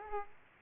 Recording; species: mosquito wingbeat signal from an infrared sensor; Aedes aegypti